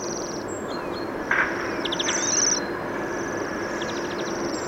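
Bohemian waxwing calls: high buzzy trills with a few brief lower sounds, over steady background noise.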